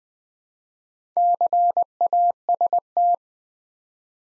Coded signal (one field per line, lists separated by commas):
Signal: Morse code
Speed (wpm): 20 wpm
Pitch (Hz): 700 Hz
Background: none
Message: CAST